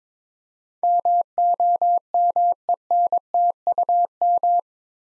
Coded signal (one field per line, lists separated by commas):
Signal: Morse code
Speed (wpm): 23 wpm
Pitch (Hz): 700 Hz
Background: none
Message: MOMENTUM